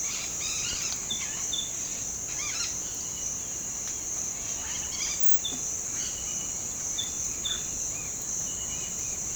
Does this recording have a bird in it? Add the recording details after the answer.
yes. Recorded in pastures near Puerto Asís, Putumayo, Colombia, on 30 June 2025 at 06:00. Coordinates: 0.472, -76.331. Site G095